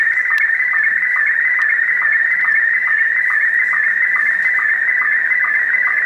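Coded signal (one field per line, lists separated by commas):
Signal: SSTV (slow-scan television)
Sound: warbling tone wavering between mid and high pitch, with steady rhythmic low ticks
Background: radio static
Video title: Wolverine radio pirate shortwave strong 6940 khz with SSTV image decode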